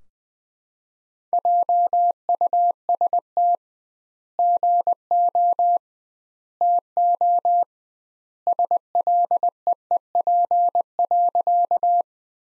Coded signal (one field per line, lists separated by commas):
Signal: Morse code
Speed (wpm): 21 wpm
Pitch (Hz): 700 Hz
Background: none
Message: JUST GO TO SLEEP.